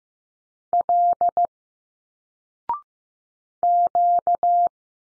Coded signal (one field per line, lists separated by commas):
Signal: Morse code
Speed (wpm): 15 wpm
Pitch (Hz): 700 Hz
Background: none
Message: L Q